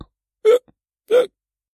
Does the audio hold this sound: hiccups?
yes